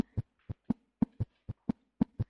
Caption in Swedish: Det kallas för galopprytm, och då har man två extra toner beroende på att hjärtat är överansträngt helt enkelt. Det låter lite grann som en häst galopperar.